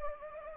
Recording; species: mosquito wingbeat signal from an infrared sensor; Anopheles gambiae